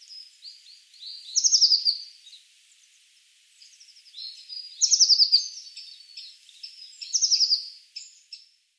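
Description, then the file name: Eurasian blue tit calls: three loud, high, buzzy bursts roughly every three seconds, each slightly falling, separated by softer thin twittering notes. "Cyanistes caeruleus"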